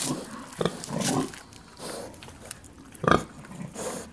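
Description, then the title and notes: Pig grunts in a few short, rough bursts, one louder snorting grunt near the end, with low background rustling between calls. Black sow nursing six piglets, farm at Cascina Pasque', Besnate (Via 1° Maggio, Bernate VA), Italy, 11 December 2018. "Via 1° Maggio, 11, 21020 Bernate VA, Italia - Un maiale nero con i suoi sei maialini in atto di allattamento. Besnate - Cascina Pasque' - 20181211"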